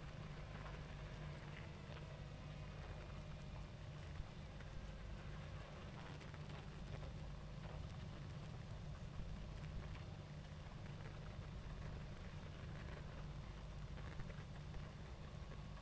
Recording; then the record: honeybee colony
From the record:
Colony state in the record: active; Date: 28 July 2017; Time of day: 20:28